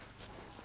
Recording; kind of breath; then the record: one breath in and out by a microphone near the nose and mouth; strong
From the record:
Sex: male